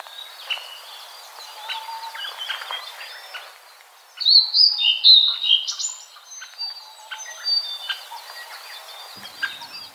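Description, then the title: Blue-and-white flycatcher song: varied whistled phrases, the loudest a sweet high rising and falling series midway, with other soft bird notes continuing around it. Kirifuri Highlands, Tochigi Prefecture, Japan. "朝の小鳥. 霧降高原（栃木県）のオオルリ"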